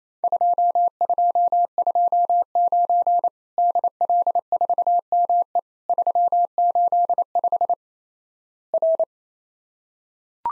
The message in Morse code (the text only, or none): 2229 DL4ME 385 R